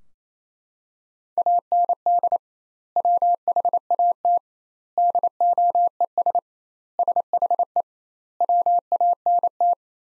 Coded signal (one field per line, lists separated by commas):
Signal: Morse code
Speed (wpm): 28 wpm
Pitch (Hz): 700 Hz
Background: none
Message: AND WHAT DOES SHE WANT